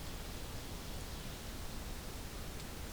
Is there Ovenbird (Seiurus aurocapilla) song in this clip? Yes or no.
no